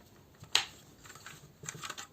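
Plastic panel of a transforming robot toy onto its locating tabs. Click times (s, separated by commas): 0.6 s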